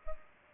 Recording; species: mosquito wingbeat signal from an infrared sensor; Culex pipiens